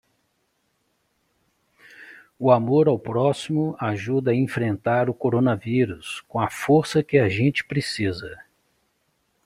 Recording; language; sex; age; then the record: spoken sentence; Brazilian Portuguese; male; 50 to 59 years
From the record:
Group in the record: control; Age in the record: 59 years